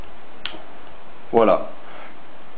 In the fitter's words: de vie c'est jusqu'à l'obtention d'un petit clic voilà